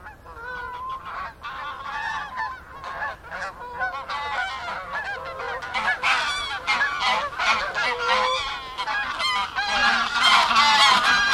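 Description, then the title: Goose: many overlapping harsh honks from geese, building steadily in loudness into a dense continuous chorus, with some higher calls near the end. Gaggles of geese in fields by the River Thame, England, UK, morning of 23 September 2023, excited by the amount of water across the flooded meadows. "Gaggles of geese, River Thame, England, UK on 23rd September 2023 – by Paul Ridout"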